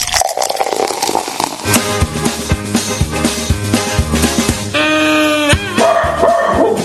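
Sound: dog barking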